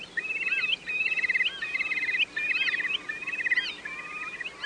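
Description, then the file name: Eurasian curlew giving fast bubbling trills that rise and quaver, in several bursts separated by short pauses, with faint higher chirps above. "Chiurlo"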